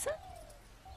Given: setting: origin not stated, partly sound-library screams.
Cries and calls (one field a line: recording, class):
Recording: one-second piece from a danger detection set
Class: normal situation